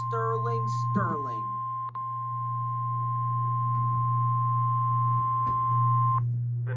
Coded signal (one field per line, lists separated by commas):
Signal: Emergency Alert System (SAME) tones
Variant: 1050 Hz attention tone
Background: speech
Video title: EAS 775: ANOTHER S T E R L I N G FLW